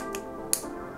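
The plastic kickstand of a rugged Spigen phone case for a Pixel 4 XL is folded back into its closed position against the case back and snaps into place with a sharp click at 0.5 s, with music playing underneath. A fainter sharp hit at 0.1 s comes just before.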